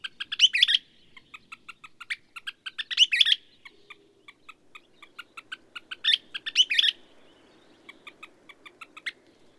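Bird singing three phrases, each a string of crisp short notes building into an intense jumbled trill, over light low background noise.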